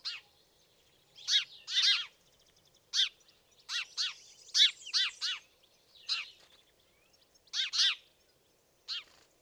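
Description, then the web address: House sparrow calls, loud harsh chirps given singly and in pairs at irregular intervals. "fugl g-spurv"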